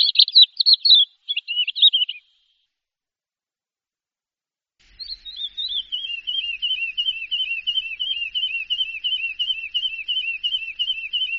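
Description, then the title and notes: Bird song: a burst of high twittering phrases for about two seconds, a pause, then a long run of rapid repeated downslurred chirps. "Bird Sound. Kicau Burung Lengkap"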